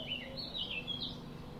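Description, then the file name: Eurasian blackcap song: a short, rapid warbled phrase of rising and falling notes, lasting about one second over a low background hum. "Sylvia atricapilla"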